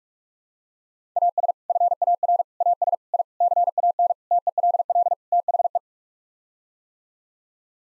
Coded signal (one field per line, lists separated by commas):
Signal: Morse code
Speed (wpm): 48 wpm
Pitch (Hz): 700 Hz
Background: none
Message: AS FAR AS I CAN TELL THE